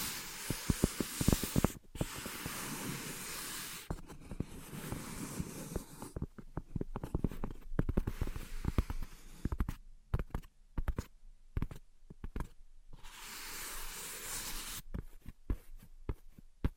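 Soft tapping and scratching in quick irregular bursts, over a bright hissy wash that comes and goes, with gaps near ten seconds.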